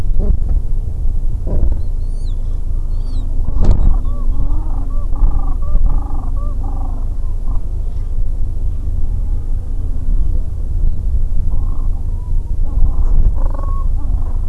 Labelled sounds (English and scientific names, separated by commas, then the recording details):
Gentoo Penguin (Pygoscelis papua)
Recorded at the colony at Godthul, on 25 December 2014
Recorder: Song Meter SM2+